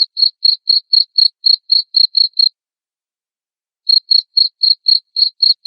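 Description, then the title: Cricket chirping, short high chirps repeated about four per second, pausing for over a second midway before resuming; quiet background otherwise. Loud cricket chirping (ngerik) played to make lovebirds sing continuously (ngekek). "Suara JANGKRIK NGERIK Keras Bikin LOVEBIRD Jadi NGEKEK Terus Vubey"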